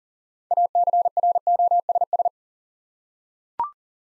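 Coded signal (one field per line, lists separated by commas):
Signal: Morse code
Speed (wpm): 39 wpm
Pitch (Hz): 700 Hz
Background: none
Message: ACROSS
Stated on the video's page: Morse practice at 40 wpm: first three letters spoken, then the six-letter word sent, spoken, and sent again.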